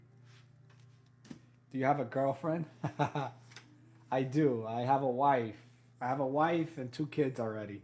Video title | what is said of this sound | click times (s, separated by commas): Pokemon Pack Opening + Building LEGO Eevee! Part 2 | And it's just gonna snap right in there. | 1.2 s